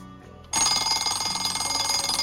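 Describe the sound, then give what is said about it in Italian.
An alarm clock bursts into a loud, continuous metallic ringing after a brief quiet start, the rapid bell clatter holding steady and bright until the end. “Però visto che è mio amico, gli consiglio pubblicamente qualche sveglia.”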